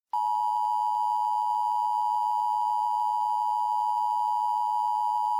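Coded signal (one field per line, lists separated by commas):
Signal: Emergency Alert System (SAME) tones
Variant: 853 and 960 Hz attention tone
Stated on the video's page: Fictional mock emergency alert based on an SCP Wiki story.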